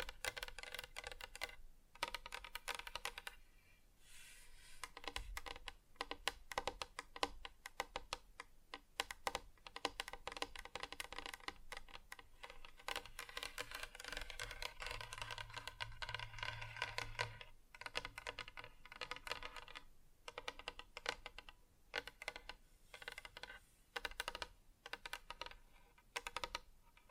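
Tapping on different surfaces, a dense run of quick, bright clicks and knocks much like keyboard typing, continuing with brief pauses near 4 and 20 seconds. A low steady hum appears between about 14 and 18 seconds beneath the taps.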